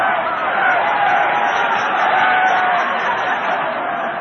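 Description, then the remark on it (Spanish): A large crowd applauds a speech steadily, a dense, even wash of clapping and crowd noise that holds at a constant loud level for several seconds without pause. “La multitud se rompía las manos de tanto aplaudir.”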